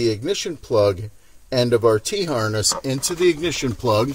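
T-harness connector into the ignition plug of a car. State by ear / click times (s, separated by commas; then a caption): not seated / none. The ignition plug end of a plastic remote-start T-harness is being pushed into the ignition plug of a 2007-2009 Kia Sorento while someone talks throughout. Only speech is heard, with a short quieter gap around 1.0–1.5 s. Nothing has seated or clicked yet.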